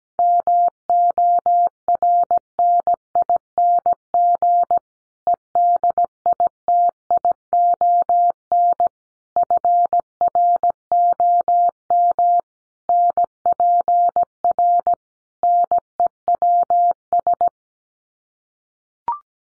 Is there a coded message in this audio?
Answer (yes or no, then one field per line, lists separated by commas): yes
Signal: Morse code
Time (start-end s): 0.2-17.5 s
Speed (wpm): 17 wpm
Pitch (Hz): 700 Hz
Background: none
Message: MORNING EDITION FROM NPR NEWS